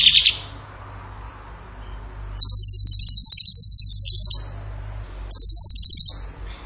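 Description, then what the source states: Bird singing a short note, then a long rapid high trill and a shorter one, sharp pulsed bursts over quiet background. Masteran training recording; tembakan gacor song style.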